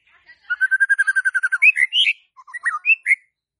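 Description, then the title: White-rumped shama song: a fast even series of many repeated notes, then a varied string of rich whistles jumping up and down in pitch. Lure to get a stressed or silent White-rumped shama singing. "PANCINGAN Murai Batu STRES & MACET"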